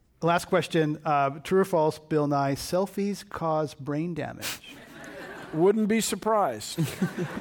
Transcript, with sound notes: Last question. True or false. Bill Nye. Selfies cause brain damage?
[Laughter]
Wouldn't be surprised.